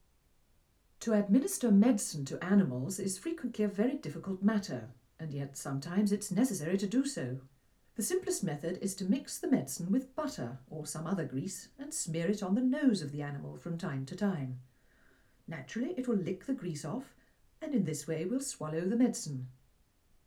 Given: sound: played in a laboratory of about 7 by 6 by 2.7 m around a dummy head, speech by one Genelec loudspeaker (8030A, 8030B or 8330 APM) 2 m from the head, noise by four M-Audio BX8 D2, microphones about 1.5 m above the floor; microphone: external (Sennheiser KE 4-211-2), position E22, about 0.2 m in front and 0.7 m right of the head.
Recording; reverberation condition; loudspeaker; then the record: female speech in English; low; in front (0 degrees)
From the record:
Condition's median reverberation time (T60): about 310 ms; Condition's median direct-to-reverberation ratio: about 3.5 dB